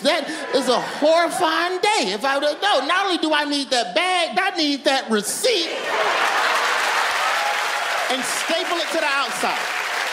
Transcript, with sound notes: That is a horrifying day if I - no, not only do I need that bag. I need that receipt.
(LAUGHTER)
And staple it to the outside.